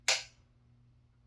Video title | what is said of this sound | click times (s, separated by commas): Update video on the channel and two life saving tips. | you do have to give it some force until you hear it click okay | 0.1 s